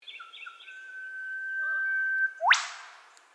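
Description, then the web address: Eastern whipbird call: a few short notes, then a long steady whistled note ending in an explosive upward whipcrack. Australian native bird. "Foundation Updates Bird Eastern Whipbird B call"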